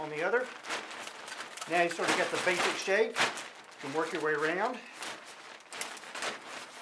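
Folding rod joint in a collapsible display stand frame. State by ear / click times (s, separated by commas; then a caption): seated / 5.8 s. Someone talks while pulling open a folding rod of a collapsible display stand frame, with faint rustling between the words. The rod's joint clicks into its locked position at 5.8 s, seating it.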